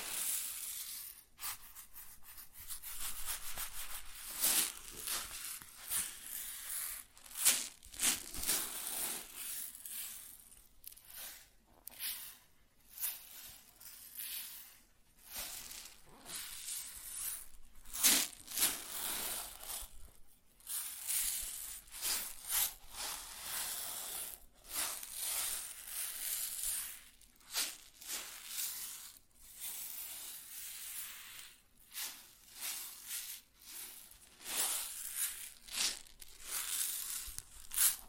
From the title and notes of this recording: ASMR Grain Sounds (No Talking).